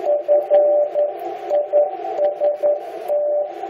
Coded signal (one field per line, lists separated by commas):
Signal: Morse code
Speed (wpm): 11 wpm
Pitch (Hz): 590 Hz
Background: music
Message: FIST